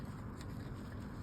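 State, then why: Not seated. A new lock cylinder with its retaining clip is pushed into the exterior door handle of a 1999–2006 Chevy truck, Suburban or Tahoe. A steady low rumble runs throughout, with faint brief taps near 0.4 s and 1.2 s. Nothing has seated or clicked yet.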